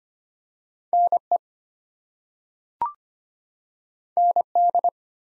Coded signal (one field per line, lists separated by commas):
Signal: Morse code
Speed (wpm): 25 wpm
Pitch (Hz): 700 Hz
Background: none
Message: NE ND